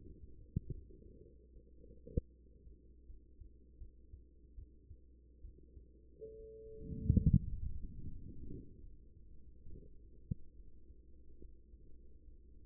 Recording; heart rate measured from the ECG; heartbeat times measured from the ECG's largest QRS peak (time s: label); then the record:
heart sounds by stethoscope; 73 bpm
0.71 s: heartbeat
1.52 s: heartbeat
2.32 s: heartbeat
3.06 s: heartbeat
3.78 s: heartbeat
4.55 s: heartbeat
5.41 s: heartbeat
6.36 s: heartbeat
7.28 s: heartbeat
8.03 s: heartbeat
8.81 s: heartbeat
9.70 s: heartbeat
10.56 s: heartbeat
11.40 s: heartbeat
12.24 s: heartbeat
From the record:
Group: healthy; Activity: rest 0-8 s, Valsalva maneuver 8-13 s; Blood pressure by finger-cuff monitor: 114/71 mmHg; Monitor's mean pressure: 90 mmHg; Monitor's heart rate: 74 bpm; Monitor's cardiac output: 6 L/min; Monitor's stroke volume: 79 mL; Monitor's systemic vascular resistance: 1070 dyn s/cm5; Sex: female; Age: 24 years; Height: 163 cm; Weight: 55.7 kg